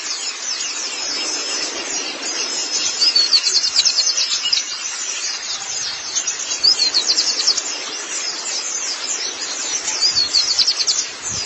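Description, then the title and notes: White-eye song, a dense stream of rapid high twittering notes running almost without pause, with a steady background hiss. Pleci song. "Kicauan Burung Pleci Durasi Panjang. Suara kicauan burung pleci"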